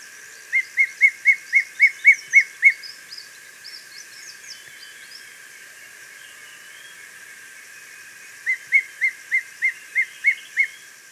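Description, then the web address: Smoky bush-tyrant giving a rapid run of about nine sharp, even chip notes, then a pause and a second similar run of about seven, with faint higher twitters behind. Ecuador. "Birds of Ecuador 3. Smoky Bush-Tyrant"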